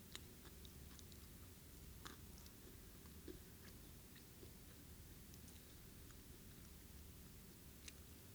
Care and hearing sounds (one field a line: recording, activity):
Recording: daily activity, guitar pickup as the sensor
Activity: eat